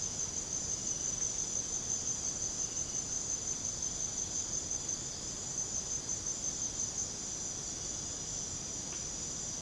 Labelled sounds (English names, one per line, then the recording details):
none
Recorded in secondary vegetation near Puerto Asís, Putumayo, Colombia, on 20 December 2024 at 00:30
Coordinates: 0.489, -76.322
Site G059